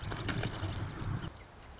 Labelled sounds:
Marsh Wren
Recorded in Sonoma County, California

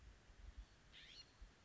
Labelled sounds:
California Scrub-Jay
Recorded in Sonoma County, California

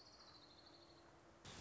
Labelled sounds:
Orange-crowned Warbler
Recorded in Sonoma County, California

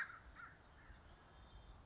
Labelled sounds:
American Crow
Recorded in Sonoma County, California

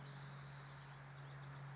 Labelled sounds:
Wilson's Warbler
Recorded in Sonoma County, California

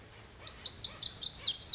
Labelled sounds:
Lazuli Bunting
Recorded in Sonoma County, California

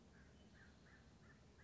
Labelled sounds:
American Crow
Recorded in Sonoma County, California

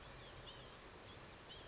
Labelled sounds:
Blue-gray Gnatcatcher
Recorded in Sonoma County, California

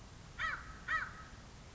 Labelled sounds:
American Crow
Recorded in Sonoma County, California

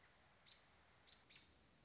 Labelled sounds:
American Robin
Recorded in Sonoma County, California

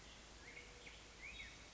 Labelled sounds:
Black-headed Grosbeak
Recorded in Sonoma County, California

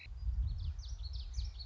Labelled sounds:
Common Yellowthroat
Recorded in Sonoma County, California

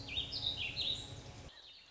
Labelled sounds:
Warbling Vireo
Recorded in Sonoma County, California

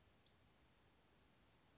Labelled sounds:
Western Flycatcher
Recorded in Sonoma County, California

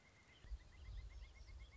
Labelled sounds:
Pileated Woodpecker
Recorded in Sonoma County, California

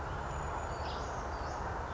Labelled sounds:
Brown Creeper
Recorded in Sonoma County, California

